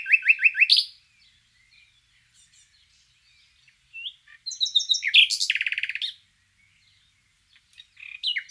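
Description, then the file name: Common nightingale song: a quick series of repeated notes, a quiet pause with soft scattered calls, then a loud phrase ending in a fast rattling trill. "Luscinia megarhynchos"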